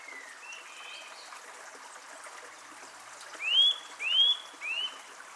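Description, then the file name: Eurasian nuthatch calls: soft slurred notes, then three loud, rising whistled notes in quick succession, over a steady hiss. "Sitta europaea"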